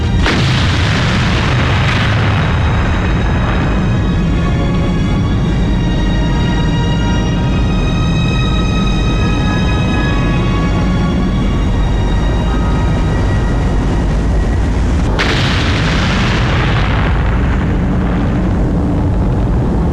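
A massive atomic bomb explosion rumbles in a loud, sustained roar of deep low-end thunder, with a steady droning whine riding over the middle stretch before the roar rolls on alone.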